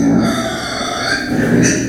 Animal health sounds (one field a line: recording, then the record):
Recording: squeal of a Yucatan mini pig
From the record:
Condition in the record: before surgery on the right vocal fold (resection and tissue-engineered implant)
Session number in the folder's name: 3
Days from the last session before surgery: 0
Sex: female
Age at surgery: 19 weeks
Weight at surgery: 25 kg